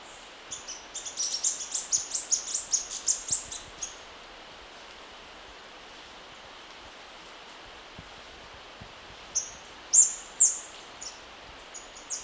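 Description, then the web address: Orange-crested flycatcher calling: a rapid, uneven series of sharp, very high notes, a pause, then a few louder notes near the end. Recorded in Ecuador. "S America Birds of Ecuador. Orange-Crested Flycatcher"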